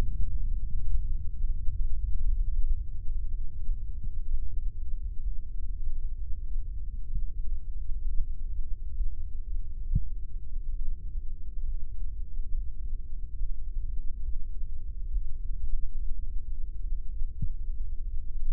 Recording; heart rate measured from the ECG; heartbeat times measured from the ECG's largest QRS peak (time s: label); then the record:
heart sounds by microphone in the right ear; 66 bpm
0.54 s: heartbeat
1.40 s: heartbeat
2.31 s: heartbeat
3.30 s: heartbeat
4.26 s: heartbeat
5.21 s: heartbeat
6.17 s: heartbeat
7.12 s: heartbeat
8.03 s: heartbeat
8.96 s: heartbeat
9.88 s: heartbeat
10.76 s: heartbeat
11.65 s: heartbeat
12.53 s: heartbeat
13.39 s: heartbeat
14.24 s: heartbeat
15.10 s: heartbeat
15.97 s: heartbeat
16.83 s: heartbeat
17.68 s: heartbeat
From the record:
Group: heart failure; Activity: rest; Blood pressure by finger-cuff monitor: 132/92 mmHg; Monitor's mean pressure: 110 mmHg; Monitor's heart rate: 69 bpm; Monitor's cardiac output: 6.5 L/min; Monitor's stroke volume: 95 mL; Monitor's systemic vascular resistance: 1280 dyn s/cm5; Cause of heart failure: idiopathic cardiomyopathy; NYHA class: 1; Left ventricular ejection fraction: 50%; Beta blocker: bisoprolol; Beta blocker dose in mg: 5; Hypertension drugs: candesartan, spironolactone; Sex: male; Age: 54 years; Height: 180 cm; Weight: 94.6 kg